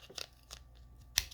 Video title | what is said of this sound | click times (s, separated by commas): CRKT Minimalist Bowie Knife - Knife Review | goes in this sheath just like that pops right in | 1.2 s